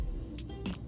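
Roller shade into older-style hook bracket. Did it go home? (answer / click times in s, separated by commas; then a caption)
no / none. A Hunter Douglas Designer Roller Shade is pushed back and up in a rocking motion so the front hook of an older-style bracket catches the front of the shade. Two brief handling knocks are heard at about 0.4 s and 0.7 s over low background noise. Nothing has seated or clicked yet; the shade is not yet home in the bracket.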